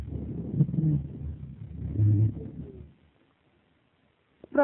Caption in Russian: Пациента, страдающего фиброзно-кавернозным туберкулезом легких. Слева, в проекции верхней доли легкого, в связи с бронхитом выслушивается жесткое дыхание и единичные сухие хрипы.